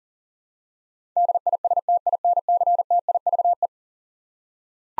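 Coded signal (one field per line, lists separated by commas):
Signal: Morse code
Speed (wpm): 40 wpm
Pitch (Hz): 700 Hz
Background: none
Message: DISTINCTIVE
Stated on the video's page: 40 wpm Morse head-copy drill of eleven-letter words; each is sent, spoken, then sent again.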